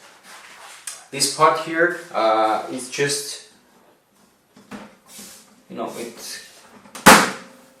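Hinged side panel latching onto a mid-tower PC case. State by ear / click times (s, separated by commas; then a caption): seated / 7.1 s. Someone talks as the hinged tempered-glass side panel of a Phanteks Enthoo EVOLV ATX mid-tower PC case is swung closed and pushed until its latch catches, with no button needed. A few soft knocks precede a sharp, loud click at 7.1 s as the panel latches shut and seats in place.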